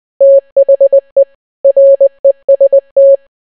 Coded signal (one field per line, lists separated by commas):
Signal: Morse code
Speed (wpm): 20 wpm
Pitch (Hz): 550 Hz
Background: none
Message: THE REST